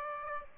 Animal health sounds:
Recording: mosquito wingbeat signal from an infrared sensor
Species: Aedes aegypti

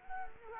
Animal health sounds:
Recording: mosquito wingbeat signal from an infrared sensor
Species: Culex quinquefasciatus

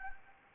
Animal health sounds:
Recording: mosquito wingbeat signal from an infrared sensor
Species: Anopheles arabiensis

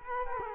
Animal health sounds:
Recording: mosquito wingbeat signal from an infrared sensor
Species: Culex quinquefasciatus

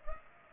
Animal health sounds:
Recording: mosquito wingbeat signal from an infrared sensor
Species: Culex pipiens

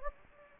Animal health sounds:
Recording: mosquito wingbeat signal from an infrared sensor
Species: Anopheles gambiae

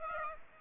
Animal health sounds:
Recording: mosquito wingbeat signal from an infrared sensor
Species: Aedes aegypti

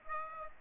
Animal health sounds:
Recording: mosquito wingbeat signal from an infrared sensor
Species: Aedes aegypti

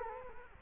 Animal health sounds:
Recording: mosquito wingbeat signal from an infrared sensor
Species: Culex quinquefasciatus

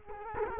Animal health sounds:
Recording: mosquito wingbeat signal from an infrared sensor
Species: Culex quinquefasciatus

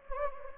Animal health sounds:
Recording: mosquito wingbeat signal from an infrared sensor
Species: Anopheles gambiae

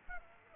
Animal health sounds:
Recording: mosquito wingbeat signal from an infrared sensor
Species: Aedes aegypti

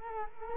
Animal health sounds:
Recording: mosquito wingbeat signal from an infrared sensor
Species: Culex quinquefasciatus

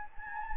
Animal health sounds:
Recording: mosquito wingbeat signal from an infrared sensor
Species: Anopheles gambiae

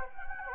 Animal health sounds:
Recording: mosquito wingbeat signal from an infrared sensor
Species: Anopheles gambiae

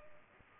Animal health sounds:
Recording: mosquito wingbeat signal from an infrared sensor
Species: Culex pipiens

